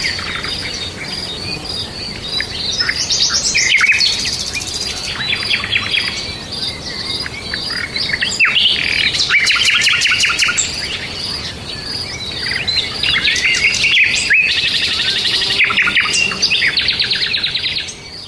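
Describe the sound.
Birds chirping and trilling, a busy overlapping mix of high twittering notes rising and falling, with louder bursts of rapid chatter every few seconds over a steady hiss.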